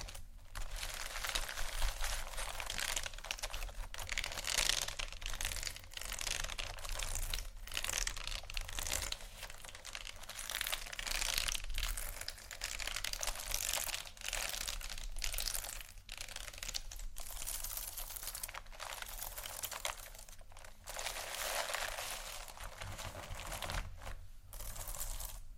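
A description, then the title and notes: Beads and pearls are poured and shuffled in a dense, steady rattle of bright clicking, with brief pauses and a low hum underneath. ASMR Beads And Pearls（No Talking）.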